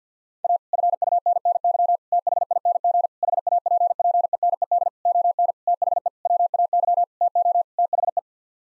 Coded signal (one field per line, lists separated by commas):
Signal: Morse code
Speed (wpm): 50 wpm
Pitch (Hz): 700 Hz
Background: none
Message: A FUNNY THING HAPPENED ON THE WAY TO THE